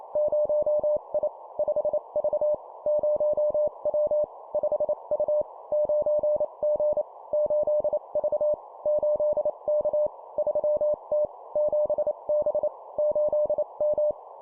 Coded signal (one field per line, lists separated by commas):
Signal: Morse code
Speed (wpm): 28 wpm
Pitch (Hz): 600 Hz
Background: none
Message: 0I 5V 0W 5U 9G 8V 8K 3T 7B 8M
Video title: 25wpm Two number letter words, cw morse code